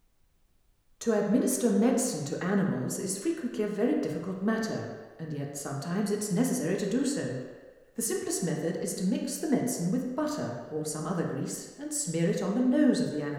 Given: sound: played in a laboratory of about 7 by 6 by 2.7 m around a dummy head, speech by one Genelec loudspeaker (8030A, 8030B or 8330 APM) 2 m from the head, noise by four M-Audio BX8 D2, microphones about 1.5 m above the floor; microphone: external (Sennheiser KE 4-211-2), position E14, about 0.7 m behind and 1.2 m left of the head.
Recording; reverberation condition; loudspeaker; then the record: female speech in English; high; 150 degrees to the left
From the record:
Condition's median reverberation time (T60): about 1300 ms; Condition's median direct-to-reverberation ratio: about -4.0 dB